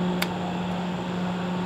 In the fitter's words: locked into place I'm going to turn this forward for you